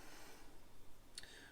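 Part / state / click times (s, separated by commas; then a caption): model arm component onto locating pins of the upper arm / seated / 1.2 s. A die-cast/ABS part of a scale robot model's upper arm is pressed over two pins coated with super glue and into two holes at the bottom. A sharp click at 1.2 s and a softer one at 1.2 s stand out over low background noise. The part seats in place.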